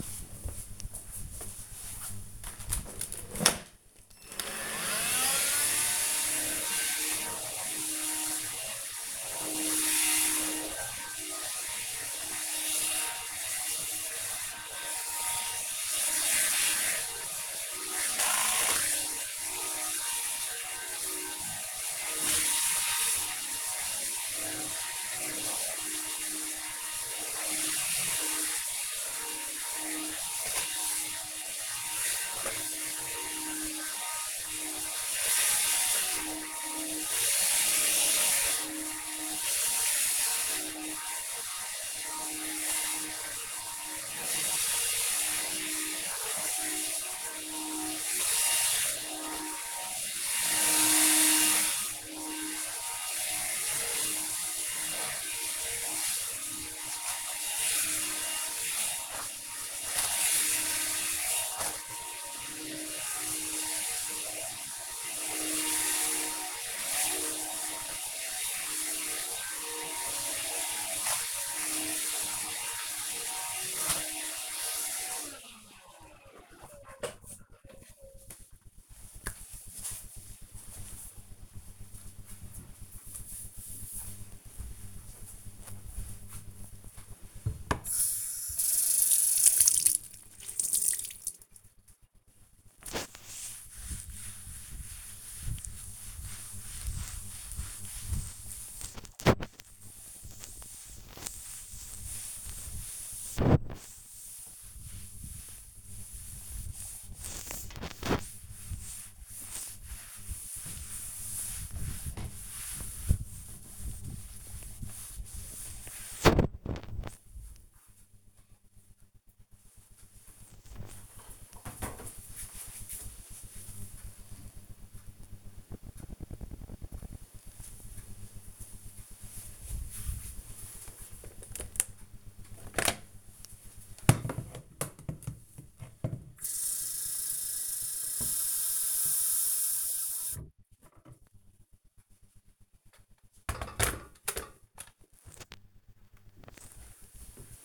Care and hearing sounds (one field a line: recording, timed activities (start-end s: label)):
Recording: household activities, microphone on the right wrist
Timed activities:
1.96-75.43 s: vacuum cleaning
86.49-117.67 s: cleaning table
131.79-147.65 s: making tea